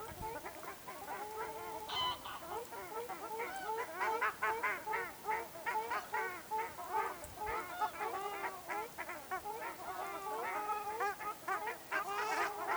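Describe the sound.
Ruddy shelducks calling as a flock, many overlapping nasal honking and trumpeting notes in a dense, continuous chorus.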